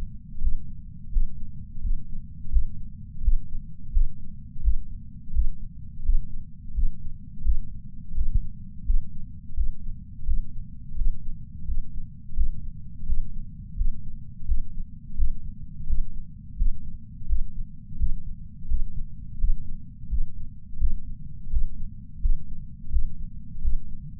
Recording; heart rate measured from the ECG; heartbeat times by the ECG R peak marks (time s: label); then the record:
heart sounds by patch sensor on the chest; 85 bpm
0.40 s: heartbeat
1.11 s: heartbeat
1.81 s: heartbeat
2.50 s: heartbeat
3.22 s: heartbeat
3.92 s: heartbeat
4.61 s: heartbeat
5.33 s: heartbeat
6.03 s: heartbeat
6.73 s: heartbeat
7.43 s: heartbeat
8.14 s: heartbeat
8.85 s: heartbeat
9.55 s: heartbeat
10.25 s: heartbeat
10.95 s: heartbeat
11.66 s: heartbeat
12.35 s: heartbeat
13.06 s: heartbeat
13.76 s: heartbeat
14.46 s: heartbeat
15.16 s: heartbeat
15.86 s: heartbeat
16.57 s: heartbeat
17.27 s: heartbeat
17.98 s: heartbeat
18.68 s: heartbeat
19.38 s: heartbeat
20.09 s: heartbeat
20.78 s: heartbeat
21.50 s: heartbeat
22.20 s: heartbeat
22.90 s: heartbeat
23.61 s: heartbeat
From the record:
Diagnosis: coronary artery disease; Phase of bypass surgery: postoperative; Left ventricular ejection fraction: 53.3%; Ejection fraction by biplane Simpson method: 55.1%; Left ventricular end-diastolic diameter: 44 mm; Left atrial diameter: 43 mm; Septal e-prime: 6 cm/s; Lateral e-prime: 8.6 cm/s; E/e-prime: 11.9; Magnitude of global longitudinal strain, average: 15.4%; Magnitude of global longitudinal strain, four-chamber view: 16.2%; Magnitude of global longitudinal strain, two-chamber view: 15.5%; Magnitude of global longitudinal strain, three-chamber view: 14.5%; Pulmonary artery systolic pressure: 30 mmHg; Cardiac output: 3.65 L/min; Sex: male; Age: 64 years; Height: 175 cm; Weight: 85 kg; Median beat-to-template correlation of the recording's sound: 0.88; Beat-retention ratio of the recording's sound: 1.00